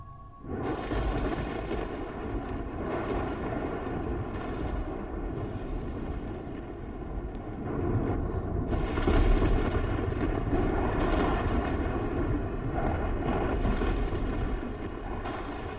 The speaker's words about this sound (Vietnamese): Sấm chớp cũng bắt đầu nổ đì đùng, quang cảnh cũng cảm thấy u ám đến kỳ lạ.